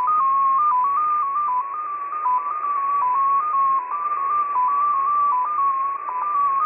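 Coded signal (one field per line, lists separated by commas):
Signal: multi-tone FSK (Olivia or MFSK type)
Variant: XPA2 14-tone MFSK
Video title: XPA2 on 10921 kHz USB January 31, 2021 12:00 UTC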